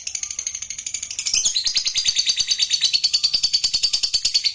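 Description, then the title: Lovebird song: a fast, high-pitched chattering trill of rapid buzzy notes that grows louder after the first second and runs steadily to the end. "Suara Lovebird"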